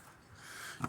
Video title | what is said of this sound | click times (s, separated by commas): 2016 Nissan Altima tag light replacement | get latch back up in there our handle back up in there it just pushes in Clicks in place | 0.8 s